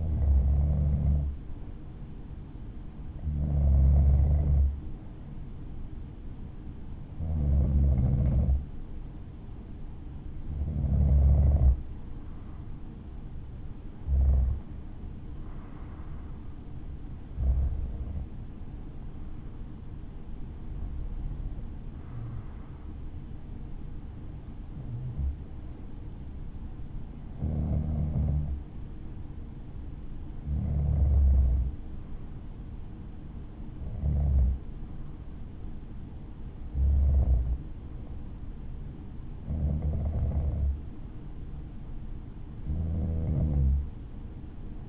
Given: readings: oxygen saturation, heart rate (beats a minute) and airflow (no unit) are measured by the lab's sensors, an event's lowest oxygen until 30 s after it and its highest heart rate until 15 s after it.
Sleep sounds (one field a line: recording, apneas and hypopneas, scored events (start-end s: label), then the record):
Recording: breathing in sleep by a smartphone at the bedside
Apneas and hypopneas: none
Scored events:
none scored
From the record:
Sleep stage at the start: N2 (light sleep)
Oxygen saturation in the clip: 93 to 96%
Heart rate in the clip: 56 to 64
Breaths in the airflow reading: 13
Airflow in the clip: -5.1 to 5.2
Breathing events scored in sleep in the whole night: 216 in 7.0 hours asleep